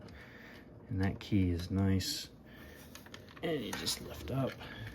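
Someone talks while handling the locking key of a plastic CRTGaming 180° Locking Swivel Mount, lifting the mount to free the key, with a few faint taps of plastic handling. Nothing has seated or clicked into its detent yet.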